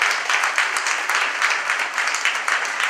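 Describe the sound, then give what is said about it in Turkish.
Steady audience applause with many hands clapping in a dense, continuous patter, fairly loud and even throughout with slight swells, no voices standing out, given at a program to thank the participants' families. “ailesine alkışlarla çok çok çok teşekkür ediyoruz”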